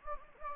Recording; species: mosquito wingbeat signal from an infrared sensor; Anopheles gambiae